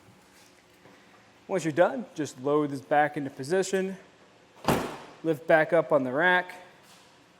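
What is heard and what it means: A Thule OutPace 2-bike hitch bike rack (TH39SA) on a 2020 GMC Acadia, tilted down to open the liftgate, is being handled so it can be raised back upright on the hitch shank until its metal tilt latch locks. Someone talks throughout, with a short, sharp broadband knock at about 4.7 s between phrases. Nothing has seated or clicked yet.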